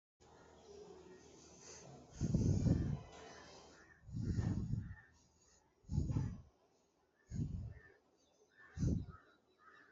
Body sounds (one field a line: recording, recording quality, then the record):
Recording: shallow breathing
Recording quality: excellent, no background noise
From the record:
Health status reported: healthy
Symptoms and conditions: none ticked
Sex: male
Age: 32 years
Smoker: not ticked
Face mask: not worn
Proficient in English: yes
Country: India